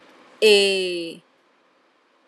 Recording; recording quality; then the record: sustained vowel as in made; excellent, no background noise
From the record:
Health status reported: healthy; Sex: female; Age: 30 years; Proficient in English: yes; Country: India